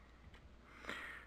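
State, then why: Seated. The folded plastic leg of a transforming robot toy is pushed fully inside the robot's body housing. After a faint handling noise near 0.4 s, a sharp snap at 0.9 s marks the leg seating into place.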